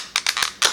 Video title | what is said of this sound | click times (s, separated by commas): The Cummins needs work...and so do the COWS! | so all we do is take it and grab hold and snap it out | 0.2 s